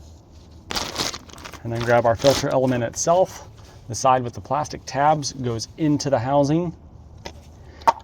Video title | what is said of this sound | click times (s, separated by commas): IMPORTANT DIESEL TRUCK MAINTENANCE TIPS for 2025 / HOW TO service your DIESEL TRUCK | and we'll snap into place | 7.9 s